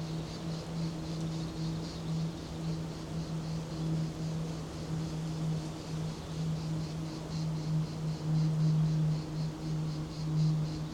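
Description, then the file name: Cricket chirps pulse continuously in high trains over a loud steady low drone and faint background rumble. Crickets in a daytime ambience. "Thick-Ambience Day Thunder Crickets"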